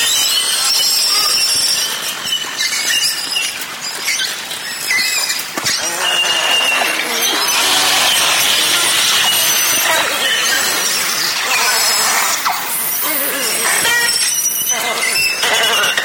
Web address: valaat beluga